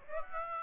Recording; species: mosquito wingbeat signal from an infrared sensor; Aedes aegypti